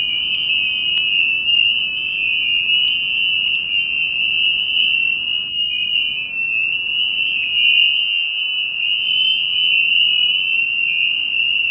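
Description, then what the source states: Spring peepers calling en masse, their sharp high peeps blending into a constant ringing wall of sound with slight wavering. Recorded in New Paltz.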